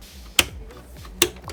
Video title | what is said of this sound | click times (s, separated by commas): Computer Repair - Graphic Card and Hard Disk Drive installation | it's fully secure and lock now | 0.4 s, 1.2 s